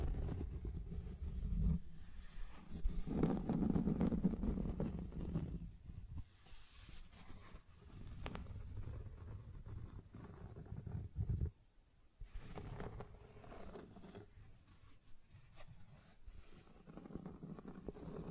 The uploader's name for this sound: Scratching and Tracing Sounds